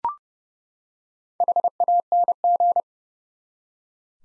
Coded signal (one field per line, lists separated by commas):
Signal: Morse code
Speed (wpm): 30 wpm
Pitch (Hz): 700 Hz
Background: none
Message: HANG